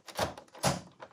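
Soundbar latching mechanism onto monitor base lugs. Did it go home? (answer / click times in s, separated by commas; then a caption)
no / none. A Dell AX510 plastic soundbar is handled against the lugs on the bottom of a Dell monitor, ready to be dropped over them and slid down until its latch catches. Two broad, dull thunks of plastic rubbing and knocking are heard, around 0.2 s and 0.65 s, with a lighter tap near 1.0 s. Nothing has seated or clicked yet.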